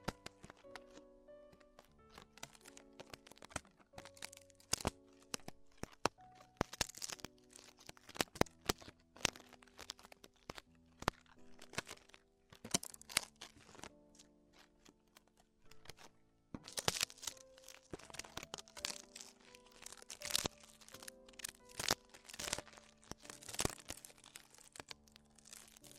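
Ear exploration sounds: dense, irregular crackling and crinkling taps, with a steady low tonal hum underneath and a brief quieter lull near sixteen seconds.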